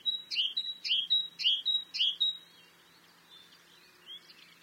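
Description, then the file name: Great tit repeating its bright two-note phrase four times at a steady pace, then stopping while faint high twitters continue. "Parus major"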